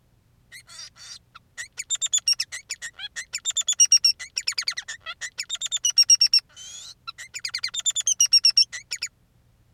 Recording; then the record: song of a male Bengalese finch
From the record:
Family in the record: son of father 3